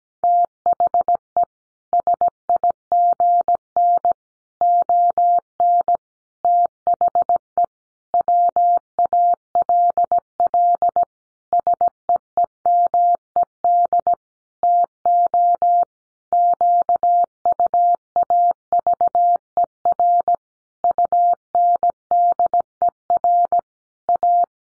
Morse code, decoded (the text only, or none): THE SIGN ON THE WALL SEEMED TO QUAVER UNDER A